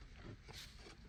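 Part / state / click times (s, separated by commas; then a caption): plastic mounting piece onto radio unit / not seated / none. A plastic mounting piece taken off the old radio is being slid onto the new radio unit during a 2014–2021 Jeep Grand Cherokee head unit replacement. Soft handling and scraping noises are heard, with a brief brighter scrape around 0.6 s. The clip ends before the piece goes home, so nothing has seated or clicked yet.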